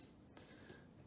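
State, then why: Seated. An M.2 SSD, a small drive card, is slid at an angle into its motherboard slot and pressed until it seats. A sharp click at 0.4 s marks it popping into place, followed by a softer tap at 0.7 s over a low, steady background. The drive is seated.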